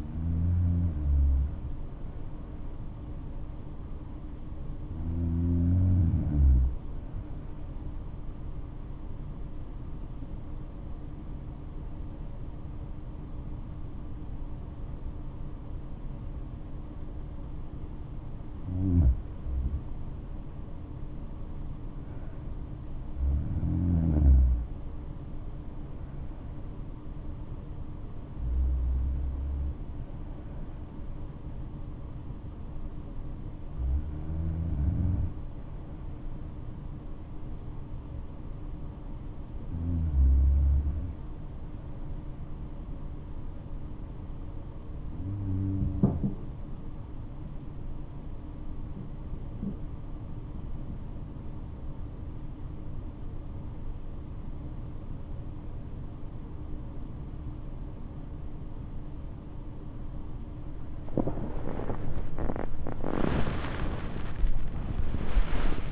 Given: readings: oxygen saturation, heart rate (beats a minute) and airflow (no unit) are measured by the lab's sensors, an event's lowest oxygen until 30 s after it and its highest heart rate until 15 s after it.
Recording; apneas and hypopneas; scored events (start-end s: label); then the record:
breathing in sleep by a smartphone at the bedside; 2
5.00-19.00 s: hypopnea (N1, oxygen 95% highest, then 92% lowest, heart rate 69 at the start, 76 highest)
8.00-38.00 s: new sleep stage, N2 (light sleep)
38.00-57.40 s: hypopnea (scored as awake, oxygen 97% highest, then 96% lowest, heart rate 69 at the start, 90 highest)
38.00-65.91 s: awake
38.00-65.91 s: new sleep stage, awake
From the record:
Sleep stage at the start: N1 (lightest sleep); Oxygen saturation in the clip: 92 to 97%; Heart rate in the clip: 62 to 90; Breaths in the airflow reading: 11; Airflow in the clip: -7.7 to 12.2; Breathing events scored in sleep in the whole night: 228 in 5.4 hours asleep